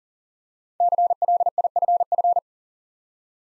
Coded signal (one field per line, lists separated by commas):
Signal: Morse code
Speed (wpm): 40 wpm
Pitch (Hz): 700 Hz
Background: none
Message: CLIFF